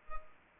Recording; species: mosquito wingbeat signal from an infrared sensor; Culex pipiens